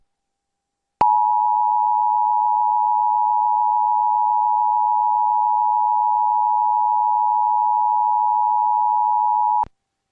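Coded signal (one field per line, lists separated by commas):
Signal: Emergency Alert System (SAME) tones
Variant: 853 and 960 Hz attention tone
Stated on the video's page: New Jersey monthly required test relayed over broadcast stations; half the stations failed to relay and those that did relayed it with errors.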